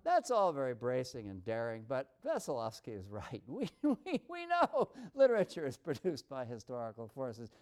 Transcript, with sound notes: That’s all very bracing and daring but Veselovsky is right. [laughs] We know literature is produced by historical forces.